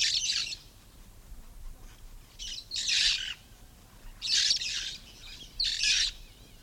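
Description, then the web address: Red-fronted parrot giving paired and single grating squawks, loud bursts separated by quiet pauses of one to two seconds. "parrots poicephalus-gulielmi"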